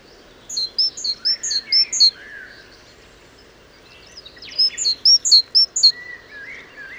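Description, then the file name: Great tit giving rapid series of high, sharp notes in two bouts, separated by lower warbled phrases and a quiet gap. "Parus major"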